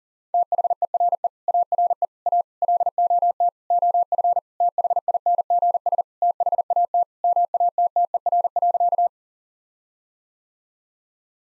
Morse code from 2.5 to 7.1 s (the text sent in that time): LOT OF THINGS THAT